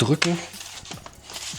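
Someone talks while pressing along the edges of the plastic bottom cover of an MSI GF63 Thin 10UD laptop, fitting its snap clips onto the chassis. A few faint handling taps and scrapes come between about 0.9 and 1.3 seconds. Nothing has seated or clicked into place yet.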